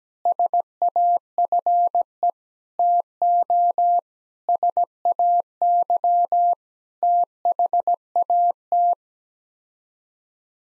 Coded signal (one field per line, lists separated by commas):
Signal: Morse code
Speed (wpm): 17 wpm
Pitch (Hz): 700 Hz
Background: none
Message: SAFE TO SAY THAT